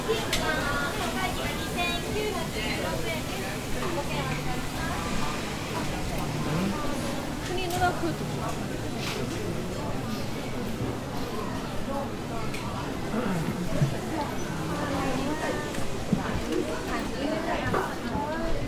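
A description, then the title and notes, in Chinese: At Nishiki Market in Kyoto, a dense steady murmur of many voices talking continues throughout, with occasional sharp clicks and clatters rising above. 京都锦市场。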